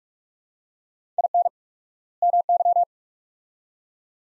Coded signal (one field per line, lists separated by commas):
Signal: Morse code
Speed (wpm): 42 wpm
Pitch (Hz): 700 Hz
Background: none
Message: IN MY